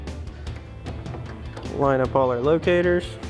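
A plastic sequential turn signal animated white LED bar tail light housing is lined up on its locators in the truck bed pocket of a 2018-2020 F-150 while someone talks over music. Two faint brief sounds occur near 0.1 and 0.5 seconds. The housing has not seated yet, and nothing has clicked into place by the end of the clip.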